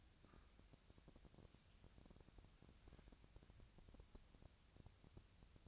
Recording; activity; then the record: daily activity, microphone in the room; wipe stove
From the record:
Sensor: 2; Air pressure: 1000.3 hPa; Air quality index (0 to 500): 169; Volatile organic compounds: 3 ppm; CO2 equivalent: 1402 ppm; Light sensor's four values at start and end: 11/27/11/12 and 11/27/11/12